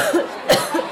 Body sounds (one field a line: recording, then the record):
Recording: coughing mixed with background sound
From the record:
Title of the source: Coughing Woman Sound - Woman Cough Sound Effect